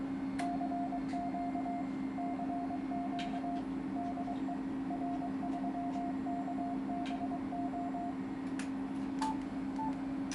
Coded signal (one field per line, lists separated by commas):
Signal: Morse code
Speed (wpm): 22 wpm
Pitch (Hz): 700 Hz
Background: none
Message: CQ CQ DE R3KBO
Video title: HF/6m 1200W linear amplifier MRF1K50H for N0FLA